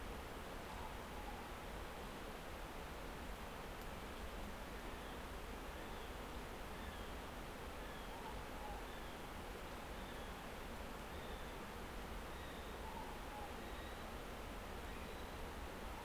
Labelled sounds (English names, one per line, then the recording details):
North Island Brown Kiwi male call
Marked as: faintness 3/5
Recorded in New Zealand on 10 December 2013
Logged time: 02:28
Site DE65